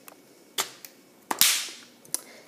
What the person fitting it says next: voila, it snapped in place.